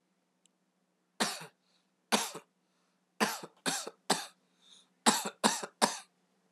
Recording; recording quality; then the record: heavy voluntary cough; excellent, no background noise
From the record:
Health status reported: healthy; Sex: male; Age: 25 years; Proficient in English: yes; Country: India